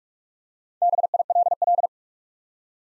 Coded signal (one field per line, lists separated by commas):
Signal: Morse code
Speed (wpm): 42 wpm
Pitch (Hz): 700 Hz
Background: none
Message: BILL